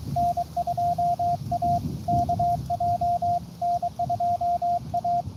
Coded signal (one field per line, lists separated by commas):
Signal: Morse code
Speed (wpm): 23 wpm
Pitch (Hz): 700 Hz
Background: radio noise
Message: N2AKJ N2A